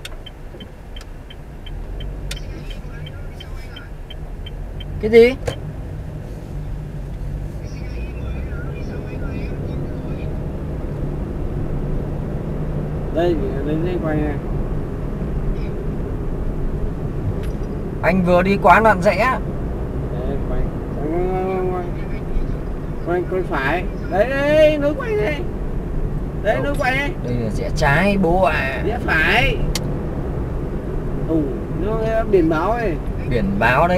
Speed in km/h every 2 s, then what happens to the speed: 8, 6, 13, 27, 32, 39, 42, 42, 40, 44, 45, 45, 44, 44, 46, 46, 47.
2-11 speeds up to 42. 11-34 steady at about 44.